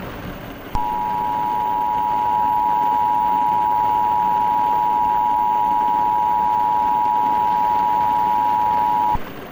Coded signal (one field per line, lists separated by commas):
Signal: Emergency Alert System (SAME) tones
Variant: 853 and 960 Hz attention tone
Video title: Hopkinsville Tornado EAS Scenario